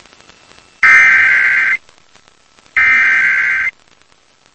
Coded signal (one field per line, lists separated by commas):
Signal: Emergency Alert System (SAME) tones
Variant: header bursts